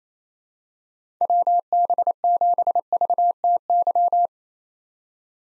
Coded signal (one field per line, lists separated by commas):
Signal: Morse code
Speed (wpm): 28 wpm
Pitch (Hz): 700 Hz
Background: none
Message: WB7VTY